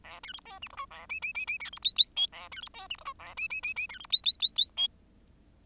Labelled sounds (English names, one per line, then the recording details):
Bengalese Finch song
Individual Bird10